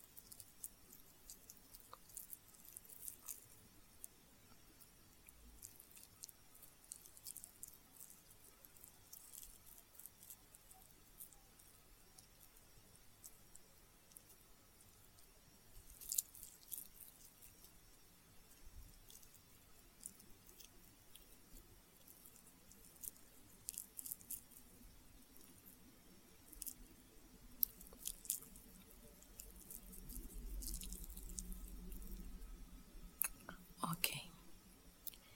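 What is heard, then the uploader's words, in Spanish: Someone eats a banana with soft, wet squishing and chewing clicks throughout, a brief low rumble near thirty seconds, and a sharper crinkle at the end. ASMR comiendo una banana.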